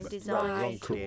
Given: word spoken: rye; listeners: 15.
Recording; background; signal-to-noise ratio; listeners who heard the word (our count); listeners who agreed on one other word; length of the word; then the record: one English word in noise, from a listening test; four-talker babble; -2.1 dB; 0 of 15; 7 of 15; 0.67 s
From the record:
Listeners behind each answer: 7, 5, 1, 1, 1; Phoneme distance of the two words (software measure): 31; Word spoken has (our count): 1 syllable, 2 phonemes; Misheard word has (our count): 3 syllables, 5 phonemes, stress on syllable 2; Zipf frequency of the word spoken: 3.47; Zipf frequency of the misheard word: 4.24